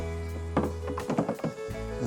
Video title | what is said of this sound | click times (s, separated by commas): Spyker 1pt Drop-In Sprayer, Unboxing, Assembly & Tips | this hose just literally snaps into place and then you take your zip ties that come in your package | 0.6 s